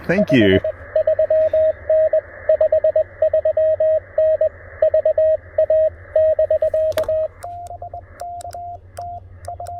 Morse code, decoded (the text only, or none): 53N 53N VA <BK>